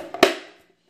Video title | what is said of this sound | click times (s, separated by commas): How to make the Money Cake! | it in here and you want to hear a click you want | 0.2 s